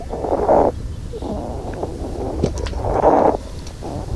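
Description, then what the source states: European hedgehog huffing and snorting: rough, breathy bursts in an irregular rhythm, with two louder puffs and low rumbling throughout. Garden hedgehog that had settled under a pile of branches, recorded on video.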